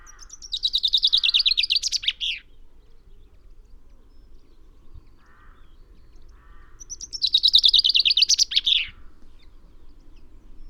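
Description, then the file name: Common chaffinch song: two descending rattling trills ending in a flourish, about six seconds apart, with faint lower chirps between them. "Fringilla coelebs"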